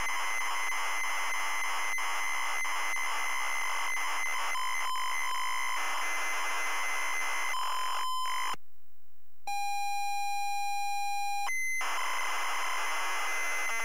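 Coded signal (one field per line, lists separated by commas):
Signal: ZX Spectrum tape loading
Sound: buzzy data warble, a harsh noise burst, a steady pilot tone, then a higher whine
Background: tape hiss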